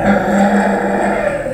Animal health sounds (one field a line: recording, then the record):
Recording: squeal of a Yucatan mini pig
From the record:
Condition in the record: after surgery on the right vocal fold (resection and tissue-engineered implant)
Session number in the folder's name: 2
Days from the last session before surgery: 18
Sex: female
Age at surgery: 19 weeks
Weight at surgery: 25 kg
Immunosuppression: prednisolone